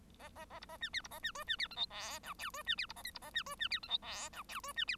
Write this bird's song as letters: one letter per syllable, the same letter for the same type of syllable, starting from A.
A A A B A C D B A C E C D F G H I J E C D B A K B A C E C D F G H I J E C D